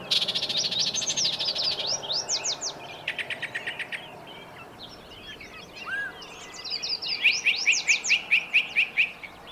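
Bird chorus with dense high twittering and buzzy trills, closing with a neat series of evenly repeated chirps.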